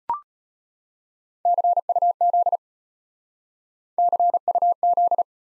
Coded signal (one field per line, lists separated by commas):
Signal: Morse code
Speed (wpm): 33 wpm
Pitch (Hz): 700 Hz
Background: none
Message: CUZ CUZ